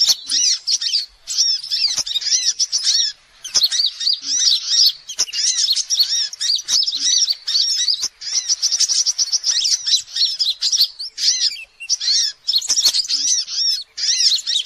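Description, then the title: Sogok ontong song: nearly unbroken high chattering phrases of quick arched and trilled notes, pausing only briefly every few seconds. Masteran song used for training birds. "Sogok Ontong Labaik"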